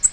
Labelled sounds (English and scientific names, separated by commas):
Nashville Warbler (Leiothlypis ruficapilla) flight call